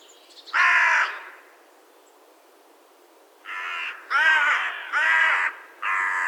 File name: Corvus corone